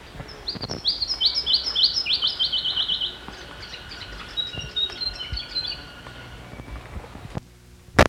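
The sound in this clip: Grey-headed Robin song: a rapid series of bright, high notes stepping downward, followed by quieter chirping phrases and a sharp click at the end.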